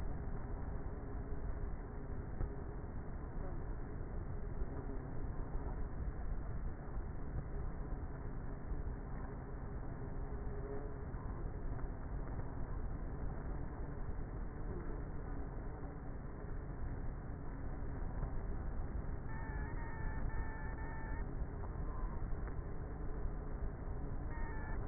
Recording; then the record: honeybee colony, microphone inside the hive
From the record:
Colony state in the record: queenless with a low population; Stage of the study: before two queens were removed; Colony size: about 30,000 bees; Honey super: no